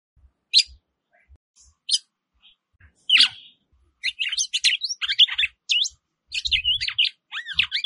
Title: Canto Galo De Campina. Galode Campina Fêmea